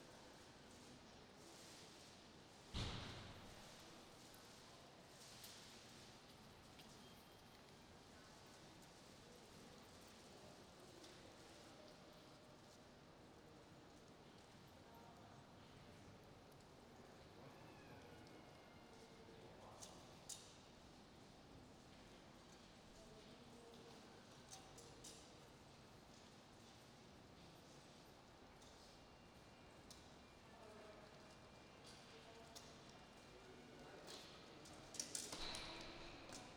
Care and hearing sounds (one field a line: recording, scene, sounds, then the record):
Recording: everyday scene through a hearing-aid microphone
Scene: reverberant space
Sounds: background noise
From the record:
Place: railway station hall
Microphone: in the ear canal, right